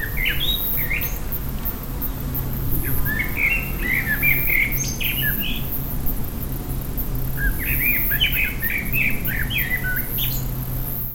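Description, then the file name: Common blackbird giving two main bursts of squeaky notes, one in the first half and one in the second half, over a steady low hum. "Turdus merula"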